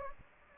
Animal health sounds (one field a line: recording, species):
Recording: mosquito wingbeat signal from an infrared sensor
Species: Anopheles gambiae